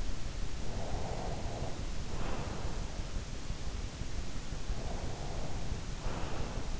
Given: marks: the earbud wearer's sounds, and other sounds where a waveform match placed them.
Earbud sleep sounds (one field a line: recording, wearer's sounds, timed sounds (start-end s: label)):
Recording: sounds in sleep by an in-ear microphone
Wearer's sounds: breath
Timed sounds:
0.70-2.93 s: breath
4.80-6.80 s: breath